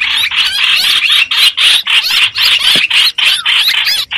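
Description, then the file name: Streak-eared bulbul, loud, buzzy squealing notes in rapid pulses, about three or four each second. Distress call given to call the flock. "Tieng chim trao trao keu cuu goi bay"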